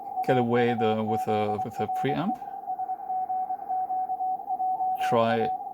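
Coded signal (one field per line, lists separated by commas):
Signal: Morse code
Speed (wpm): 23 wpm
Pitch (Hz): 750 Hz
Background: speech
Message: AUZRE SGQJA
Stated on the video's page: French secret service training number station on 6825 kHz, received on an FTdx10 using analog and digital filters, APF and DNR, with slight fading and mediocre conditions.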